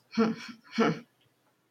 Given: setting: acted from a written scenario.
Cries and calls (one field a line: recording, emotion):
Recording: vocal sound without words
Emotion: guilt